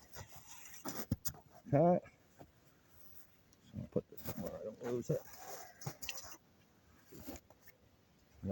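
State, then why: Seated. Someone talks while opening a new Silky Soft Outback custom edition folding pruning saw and swinging its steel blade out of the handle. A sharp click at 6.1 s marks the blade catching in its handle lock, and the blade is locked open.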